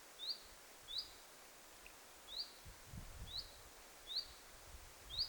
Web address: paivat 3 9 2026 eniten tahan asti on ollut talleen aantelevia ilm tiltalttilintuja